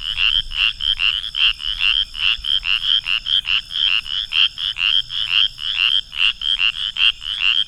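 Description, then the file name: Spotted chorus frog giving short, raspy pulsed notes, repeated rapidly. "pclarkii"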